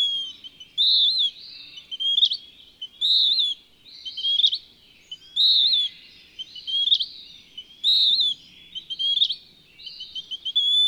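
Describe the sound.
Bird repeating high, quavering whistled phrases and quick upward chirp notes in a steady alternating rhythm, several cycles heard, with soft background noise.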